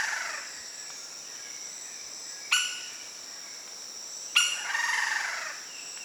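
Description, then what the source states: Lineated woodpecker: two loud, sharp bursts about two seconds apart, the second followed by a brief rougher series, over a steady high insect hum. Recorded 8 September 2010.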